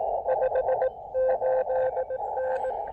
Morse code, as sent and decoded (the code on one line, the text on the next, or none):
..... ---.. -.
58N